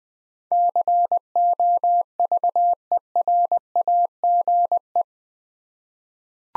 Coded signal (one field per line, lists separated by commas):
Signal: Morse code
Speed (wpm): 20 wpm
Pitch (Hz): 700 Hz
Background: none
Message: COVERAGE